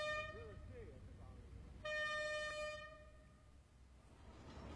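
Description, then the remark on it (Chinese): A long, steady train horn sounds a rich, brassy chord that swells suddenly louder partway through, holds, then fades out over a low mechanical rumble, as coal-laden trains slowly pull into the Tianjin Port coal terminal. “伴随着悠长的鸣笛声，一列列满载煤炭的列车缓缓驶入天津港煤炭码头。”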